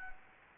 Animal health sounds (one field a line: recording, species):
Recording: mosquito wingbeat signal from an infrared sensor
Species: Anopheles gambiae